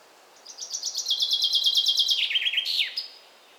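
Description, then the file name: Common chaffinch song, a cascading series of fast repeated notes falling in pitch and closing with an emphatic downward flourish. "Fringilla coelebs"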